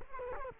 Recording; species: mosquito wingbeat signal from an infrared sensor; Culex quinquefasciatus